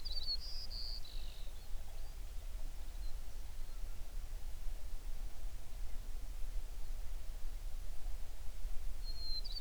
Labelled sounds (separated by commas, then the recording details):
songbird
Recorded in the Prudhoe Bay oil fields, Alaska, on 11 June 2019 at 05:24
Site 21